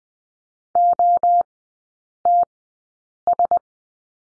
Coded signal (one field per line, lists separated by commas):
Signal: Morse code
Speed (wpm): 19 wpm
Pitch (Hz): 700 Hz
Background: none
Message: OTS